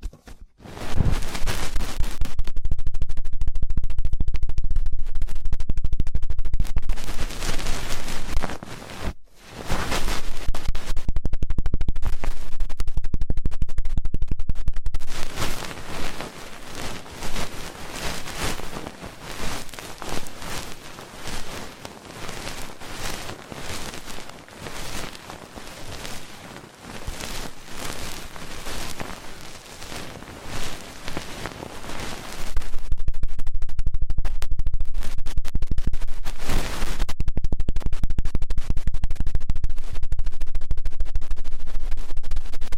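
Ear cleaning with loud, fast scratching and rubbing that runs almost without pause. The strongest, densest passages come in the first fifteen seconds and again after about thirty-three seconds, with a brief cut near nine seconds. The middle stretch is softer, with rapid crackling strokes.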